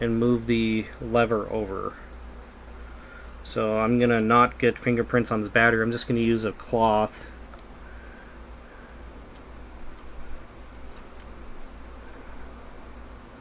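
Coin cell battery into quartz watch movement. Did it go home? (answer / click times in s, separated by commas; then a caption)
no / none. A new coin cell battery for the Swiss Ronda 715 quartz movement of a Victorinox Dive Master 500 241039 watch is picked up with a cloth, to keep fingerprints off it, and lined up over the movement. Someone talks for the first seven seconds, then faint short ticks and light handling sounds are heard over a steady low hum. The battery has not yet been pushed home and nothing has seated or clicked.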